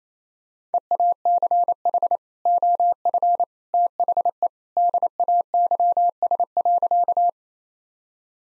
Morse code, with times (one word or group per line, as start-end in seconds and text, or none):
0.7-2.2 EACH
2.5-3.4 OF
3.7-4.5 THE
4.8-7.3 DAYS.